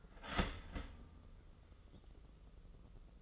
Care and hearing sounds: daily activity, microphone in the room; start toaster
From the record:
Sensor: 4

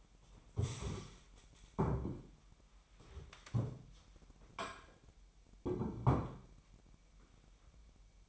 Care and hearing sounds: daily activity, microphone in the room; stand up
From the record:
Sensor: 1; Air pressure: 998.5 hPa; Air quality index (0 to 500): 122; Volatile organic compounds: 3 ppm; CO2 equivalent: 1458 ppm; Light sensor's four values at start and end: 9/22/9/10 and 9/21/9/10

